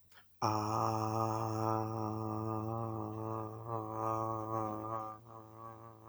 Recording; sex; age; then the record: vowel held as long as possible; male; 30 to 39 years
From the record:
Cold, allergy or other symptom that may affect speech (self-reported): no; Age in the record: 31 years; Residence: Illinois, United States